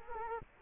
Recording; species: mosquito wingbeat signal from an infrared sensor; Culex quinquefasciatus